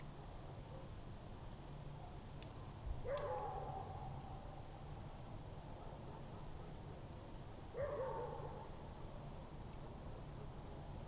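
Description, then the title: Cricket chorus: continuous high-pitched pulsed chirping, with two short lower sounds standing out faintly behind it. Crickets recorded at night through a window in Goworów, Poland, late evening of 18 July 2022, World Listening Day, with a Zoom F4 and AT BP4025. "Goworów 6, 57-515, Poland - World Listening Day/Night 18/07/2022-night crickets"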